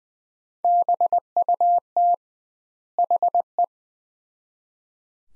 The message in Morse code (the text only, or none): BUT HE